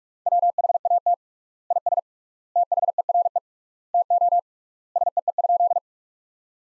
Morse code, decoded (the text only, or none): WHAT IS THERE TO SEE?